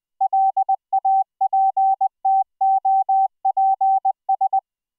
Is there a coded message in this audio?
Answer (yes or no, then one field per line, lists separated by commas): yes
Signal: Morse code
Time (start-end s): 0.2-4.6 s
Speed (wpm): 20 wpm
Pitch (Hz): 770 Hz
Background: none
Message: LAPTOPS